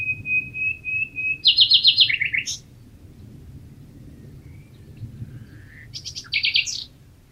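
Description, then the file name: Common nightingale singing: a long steady whistled note held over a second, then a rapid rattling trill and rising flourish, repeated after a pause. "Luscinia megarhynchos"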